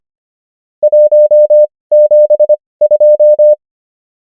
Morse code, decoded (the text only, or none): 172